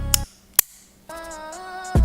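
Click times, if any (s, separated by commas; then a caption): 0.1 s, 0.6 s. An r0 zero-gap tool is placed over the top teeth of the blade on a 2022 JRL Combo Kit Gold hair clipper and snapped onto the bottom, giving two sharp snaps at 0.1 s and 0.6 s. A steady tonal, music-like sound then starts at about 1.1 s. The gapping tool is snapped firmly in place on the blade.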